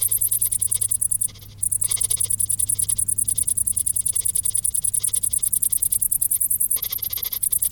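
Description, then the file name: Cricket calls as rapid high pulses running on with one brief pause early, over a steady low hum. "Grillen"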